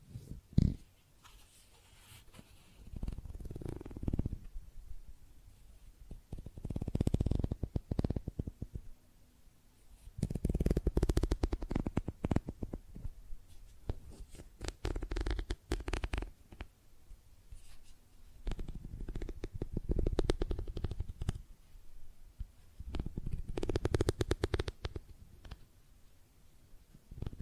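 Tapping and scratching on makeup items comes in bursts of quick, rattly clicks and scrapes, clustered around 1, 4, 7, 11, 15, 20 and 24 seconds. Between bursts there are quieter, scattered taps and a soft low rumble.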